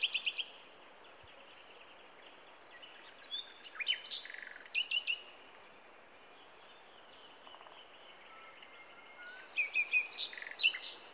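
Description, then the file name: Common nightingale singing scattered phrases of high chirps, brief trills and a few thin whistles, separated by quiet stretches. "Luscinia megarhynchos"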